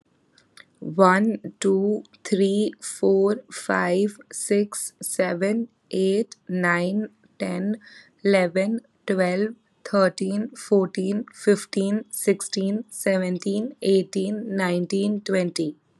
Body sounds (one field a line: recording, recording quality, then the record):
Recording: counting at a normal pace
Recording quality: excellent, no background noise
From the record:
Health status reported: exposed to COVID-19, no respiratory illness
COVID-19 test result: negative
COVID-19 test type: RT-PCR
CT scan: not taken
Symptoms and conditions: none ticked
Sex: female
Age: 25 years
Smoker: no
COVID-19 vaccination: both doses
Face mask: not worn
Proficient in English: yes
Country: India